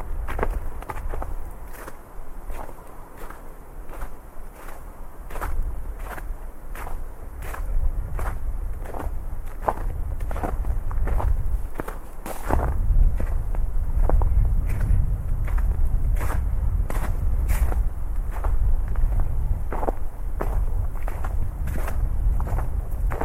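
Footsteps crunch through snow at a steady walking pace, about two per second, over a constant low rush of wind and river.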